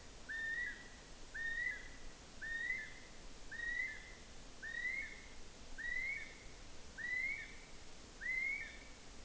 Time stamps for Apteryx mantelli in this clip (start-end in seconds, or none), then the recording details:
0.00-9.25. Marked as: faintness 2/5. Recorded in New Zealand on 5 June 2013. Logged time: 02:19